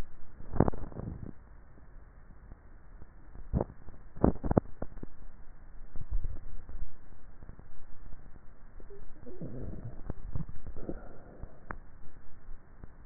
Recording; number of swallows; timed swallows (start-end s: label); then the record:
swallowing sounds by neck microphone; 2
6.02-6.72 s: swallow
9.98-10.68 s: swallow
From the record:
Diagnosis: dysphagia